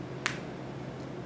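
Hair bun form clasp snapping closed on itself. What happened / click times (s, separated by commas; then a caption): The plastic clasp snapped closed / 0.3 s. A grippy hair bun form is snapped shut around spread-out hair. Its clasp closes on itself with a single short, bright snap at 0.3 s, which stands out against a low steady background. The form is seated and closed.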